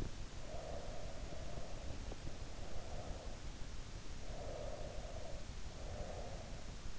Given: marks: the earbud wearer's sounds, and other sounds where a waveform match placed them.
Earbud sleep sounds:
sounds in sleep by an in-ear microphone; breath
0.36-3.23 s: breath
4.28-6.99 s: breath

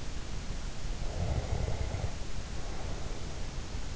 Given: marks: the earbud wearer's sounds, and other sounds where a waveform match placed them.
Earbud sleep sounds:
sounds in sleep by an in-ear microphone; breath
0.99-3.16 s: breath

